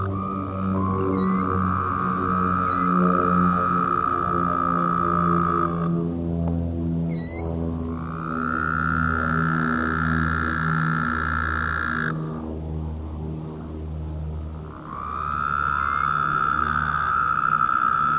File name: Woodhouse's Toads